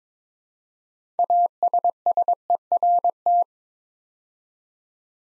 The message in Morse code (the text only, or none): ASSERT